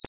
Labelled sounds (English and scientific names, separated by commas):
Connecticut Warbler (Oporornis agilis) flight call